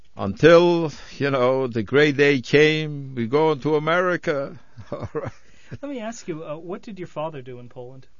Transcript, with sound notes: Until, you know, the great day came, "We're going to America." ( he laughs )
Let me ask you, what did your father do in Poland?